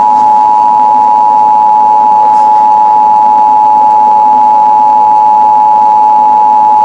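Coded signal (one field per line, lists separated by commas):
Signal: Emergency Alert System (SAME) tones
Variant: 853 and 960 Hz attention tone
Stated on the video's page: Fake EAS alert generated by artificial intelligence.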